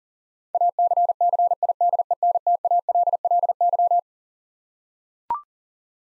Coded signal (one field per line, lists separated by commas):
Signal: Morse code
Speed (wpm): 37 wpm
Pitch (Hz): 700 Hz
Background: none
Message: ACCIDENTALLY